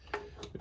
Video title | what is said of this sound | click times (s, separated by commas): BMW Z4 E85 CCVシステム交換 取付編 | I put the pipe through here. Click! | 0.1 s